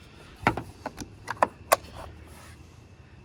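Plastic side clips on the roof rails of a 2010-2017 Chevy Equinox are pressed back into place after both cross rails are installed. Sharp snaps ring out at 0.5, 1.4 and 1.7 seconds among a few softer taps over a quiet background. The clips are seated.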